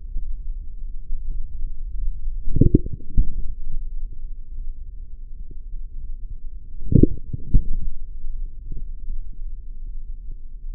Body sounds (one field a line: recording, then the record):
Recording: forearm muscle sounds (acoustic myography)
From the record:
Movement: forearm supination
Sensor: system 3, bracelet of six PUI Audio POM-2738L microphones around the upper forearm, with dedicated amplification and filtering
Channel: 2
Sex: male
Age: 43 years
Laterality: right